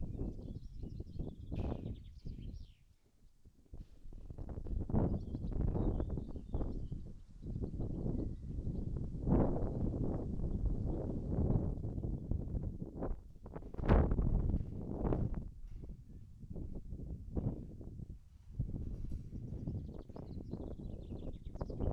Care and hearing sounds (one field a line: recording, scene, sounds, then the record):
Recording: everyday scene through a hearing-aid microphone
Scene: wind on the microphone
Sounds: wind, other noises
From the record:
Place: in front of a rural house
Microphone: behind the ear, right, front